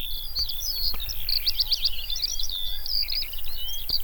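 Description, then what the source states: Eurasian skylark song: a continuous, high, rapid warble of twittering and trilled notes that pours on without pause, over a low wind rumble. Heard on a mountain summit in the Bieszczady meadows; song described as pleasant, warm, long-drawn and soothing; sings while soaring a dozen or so metres up, or from the ground when windy.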